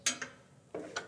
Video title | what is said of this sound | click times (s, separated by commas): Stretching Canvases | see it snaps into place | 0.1 s